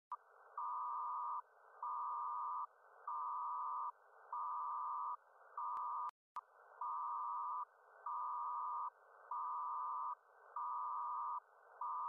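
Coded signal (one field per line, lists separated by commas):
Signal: HF data modem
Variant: PACTOR-II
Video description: Decoding a PACTORII transmission.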